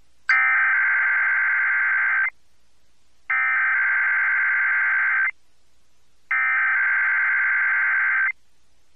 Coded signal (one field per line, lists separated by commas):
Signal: Emergency Alert System (SAME) tones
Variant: header bursts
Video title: Albany, NY Required Monthly Test (9/6/22)